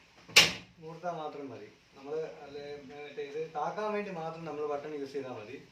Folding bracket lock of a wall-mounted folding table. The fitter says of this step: അല്ലാതെ വെറുതെ പൊക്കി കഴിഞ്ഞാൽ അത് തന്നെ ഓട്ടോമാറ്റിക്കലി ലോക്ക് ആയിക്കോളും.